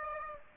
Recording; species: mosquito wingbeat signal from an infrared sensor; Aedes aegypti